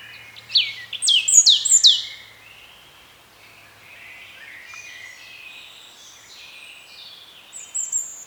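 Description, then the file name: European robin song: a few loud, steeply falling high whistles, a long soft warbling stretch, then a brief thin note near the end. "Erithacus rubecula"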